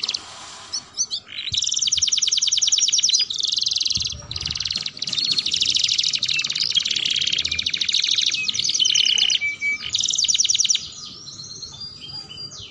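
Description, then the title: Atlantic canary in steady song: quick bright trills changing pace and pitch every second or two, with a few clear whistled notes, stopping abruptly well before the end. Domestic Belgian canary song played to stimulate and warm up other canaries and to tutor young canaries; a vigorously singing bird. "Canto Para Esquentar Canário Belga. Suara Pancingan Kenari Gacor || Bagus Untuk Masteran Kenari Paud"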